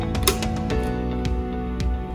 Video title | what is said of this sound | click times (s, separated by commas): How To - 3M Versaflo Assembly | attach the battery simply connect onto the bottom like so and you will hear a click | 0.3 s